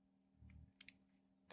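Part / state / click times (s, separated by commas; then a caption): cylinder center pin into revolver frame / seated / 0.8 s. A metal center pin (base pin) is pushed with some effort through the frame of a Heritage Rough Rider revolver to hold the reinstalled cylinder. A low rubbing rumble from about 0.4 to 0.65 s leads into a sharp metallic click at 0.8 s as the pin seats, followed by a second short tick near 0.9 s and a brief noise burst at the end.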